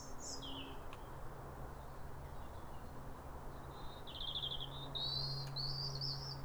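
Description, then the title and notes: European robin song, high wistful phrases of trilled and slurred notes, a descending slide early, then rippling trilled runs toward the end, over constant low rumble. Pair of robins in neighbouring gardens singing a duet at a clear, calm, rosy New Year sunrise in winter, after weeks of rain; recorded by Fergus Collins. "Sound Escape 150: Be uplifted by a chorus of New Year's robins. A pair of robins in neighbouring gardens welcome the early sun with wistful phrases as if chatting over the fence. It's a duet to warm the soul in the depths of winter. Recorded by Fergus Collins"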